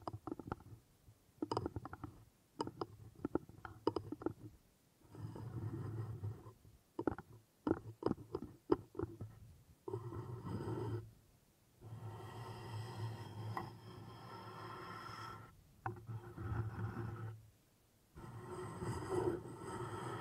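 Wooden triggers tapped and rubbed, starting with a burst of quick, sharp knocks in the first few seconds and again around seven to ten seconds. Between these come longer, steady stretches of low rubbing and scraping that stop and restart every few seconds.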